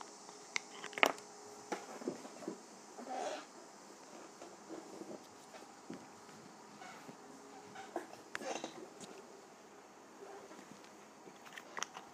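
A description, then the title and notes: A lip gloss container is handled, with small clicks, taps and brief squeaky rubbing sounds scattered across the clip. The sharpest clicks come near one second and around eight and a half seconds. A soft, steady faint hiss sits underneath throughout. ASMR Lip Gloss Container.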